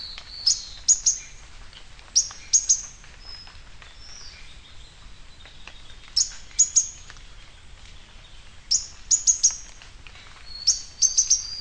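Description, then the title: Bird song: bursts of sharp, very high chirps at uneven intervals, linked by thin sliding whistles and softer twitters under low background noise. "LuckyPassaro Completos2Sama"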